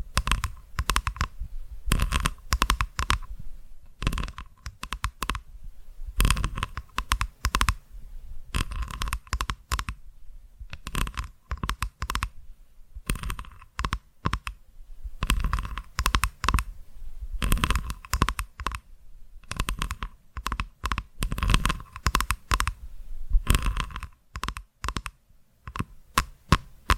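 Tapping comes in quick bursts of clicky, dry knocks, grouped in clusters with short pauses between them throughout. The taps are sharp and bright over a soft low thump, and a faint steady tone hums underneath the whole time.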